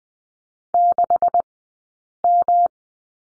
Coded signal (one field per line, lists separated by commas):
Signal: Morse code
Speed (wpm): 20 wpm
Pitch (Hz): 700 Hz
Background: none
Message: 6M